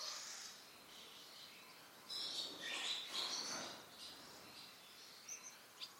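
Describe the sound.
Bird song: a short burst of high, thin chirps and twittering notes around the middle, with a few scattered tweets afterwards over steady background hiss.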